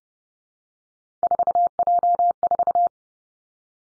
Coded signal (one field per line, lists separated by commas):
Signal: Morse code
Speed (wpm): 30 wpm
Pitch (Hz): 700 Hz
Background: none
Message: 4J4